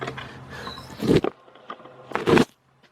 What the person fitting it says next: Snaps into place.